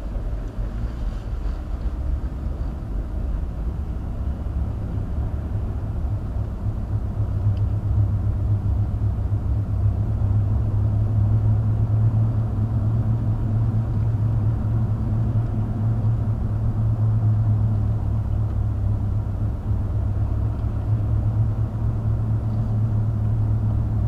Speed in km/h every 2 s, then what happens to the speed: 19, 26, 29, 34, 32, 34, 39, 37, 37, 34, 35, 35.
0-11 speeds up to 39. 11-24 steady at about 35.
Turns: none.